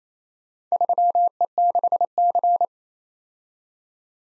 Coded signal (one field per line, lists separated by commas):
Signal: Morse code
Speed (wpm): 27 wpm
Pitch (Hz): 700 Hz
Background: none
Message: 3E6C